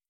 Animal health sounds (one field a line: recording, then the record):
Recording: hydrophone in a shrimp aquaculture tank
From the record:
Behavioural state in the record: starved